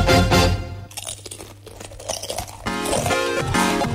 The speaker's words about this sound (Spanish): A mordisco.